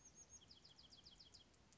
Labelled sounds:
Bewick's Wren
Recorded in Sonoma County, California

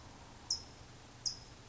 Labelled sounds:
California Towhee
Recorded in Sonoma County, California

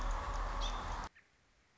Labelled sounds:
American Robin
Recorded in Sonoma County, California

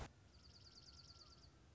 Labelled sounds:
Dark-eyed Junco
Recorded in Sonoma County, California

